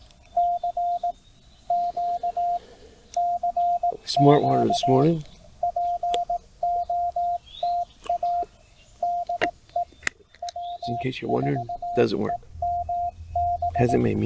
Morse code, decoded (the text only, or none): C Q CQ POTA DE W4EMB